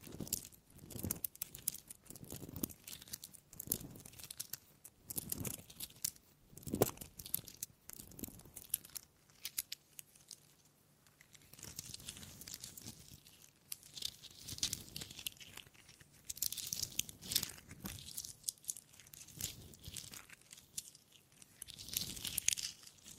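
Wooden trigger sounds: a busy run of scratchy, crackling taps and rubs, some dull and thumpy in the first half, later turning brighter and more crinkly. The sounds come in irregular bursts with brief quiet gaps, without a steady rhythm, and grow denser after the midpoint.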